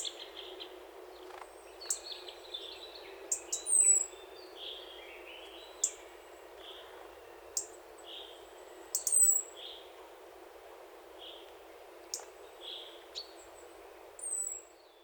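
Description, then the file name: European robin singing thin, high whistled phrases mixed with lower warbled notes, short bursts spaced a second or two apart over steady background hiss. "Erithacus rubecula"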